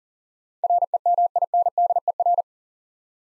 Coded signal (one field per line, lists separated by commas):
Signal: Morse code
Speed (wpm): 40 wpm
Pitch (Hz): 700 Hz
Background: none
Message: REMINDER